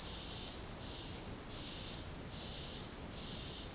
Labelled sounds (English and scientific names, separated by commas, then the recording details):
none
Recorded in secondary vegetation near Puerto Asís, Putumayo, Colombia, on 13 March 2025 at 14:00
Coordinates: 0.484, -76.319
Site G010